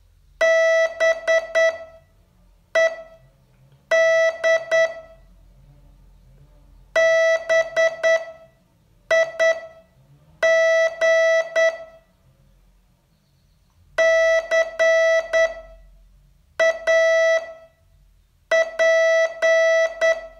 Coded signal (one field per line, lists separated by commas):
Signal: Morse code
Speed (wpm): 9 wpm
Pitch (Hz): 650 Hz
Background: none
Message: BED BIG CAP